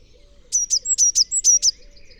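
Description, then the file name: Eurasian blue tit giving a short, rapid series of several bright, high chirps. "Cyanistes caeruleus"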